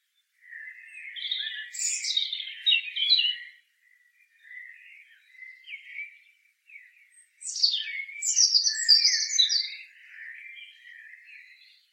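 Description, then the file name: European robin singing two separate phrases of high, liquid notes and twitters, with softer fragments in the gap between them. "Erithacus rubecula"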